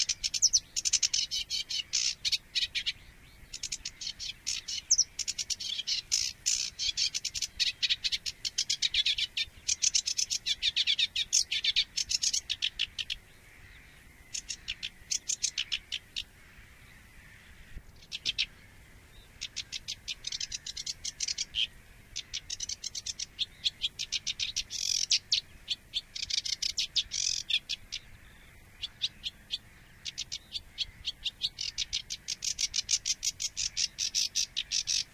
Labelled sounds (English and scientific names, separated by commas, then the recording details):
Sedge Warbler (Acrocephalus schoenobaenus) song
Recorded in the wild
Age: adult
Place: Moorweiher bei Adelsdorf, Bayern, DE
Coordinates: 49.7394, 11.9222
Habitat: pond
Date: 1961-05-31
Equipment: Stellavox SM 4, Original, Vollspur
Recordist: Tretzel, Erwin
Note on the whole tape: Moorweiher